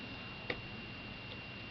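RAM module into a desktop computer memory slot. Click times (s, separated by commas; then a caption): 0.5 s. A new RAM module is slid into the iMac memory slot until it seats with a faint little click at 0.5 s. A weaker tick follows near 1.3 s over a steady background hiss, and the module is seated.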